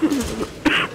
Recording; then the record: coughing mixed with background sound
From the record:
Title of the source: 31 night wet cough